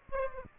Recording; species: mosquito wingbeat signal from an infrared sensor; Aedes aegypti